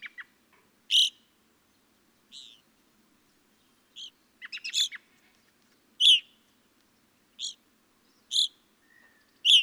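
Evening grosbeak giving a run of loud, clear call notes at irregular intervals, some in quick clustered bursts, with a few fainter chips between.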